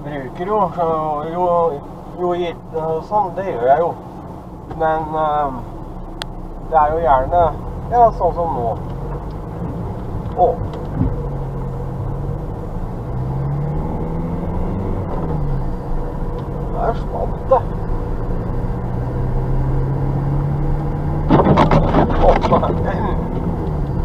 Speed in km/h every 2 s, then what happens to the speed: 0, 0, 0, 0, 3, 4, 9, 18, 25, 33, 39, 41.
0-6 standing. 6-21 pulls away to 41.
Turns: none.